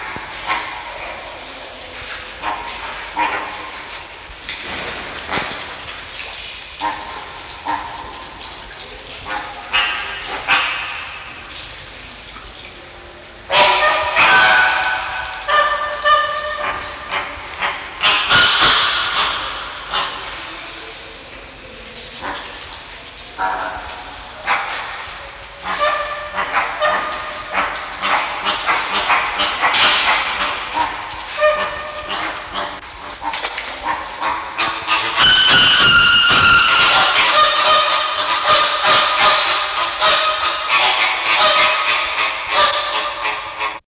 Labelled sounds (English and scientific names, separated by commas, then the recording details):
American Flamingo (Phoenicopterus ruber) call
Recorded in captivity
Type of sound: call
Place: Zoo Berlin, Berlin, DE
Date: 1974-02-15
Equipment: Halbspur, 9,5 cm/s
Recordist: Lütgens, Hans
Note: Rufe